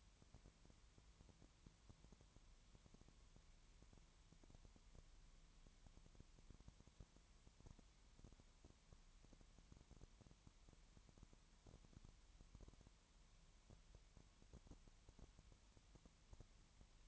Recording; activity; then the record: daily activity, microphone in the room; no activity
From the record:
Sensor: 3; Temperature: 20.5 degrees Celsius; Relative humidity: 33.0%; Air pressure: 1003.2 hPa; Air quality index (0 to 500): 105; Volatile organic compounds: 2 ppm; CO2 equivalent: 1068 ppm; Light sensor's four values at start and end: 2/3/2/2 and 2/3/2/2